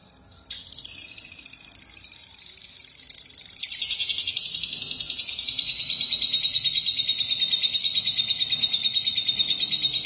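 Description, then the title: Lovebird song starting suddenly as a fast, buzzy, high trill that grows louder after a few seconds and continues steadily to the end. "BM Suara Burung Lovebird"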